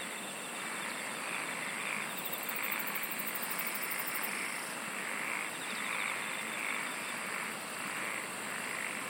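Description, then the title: Insect chorus, continuous and hissing, with a rapid pulsed trill high up from about two to four seconds and rhythmic mid-pitched pulsing throughout. "SINGING OF INSECTS"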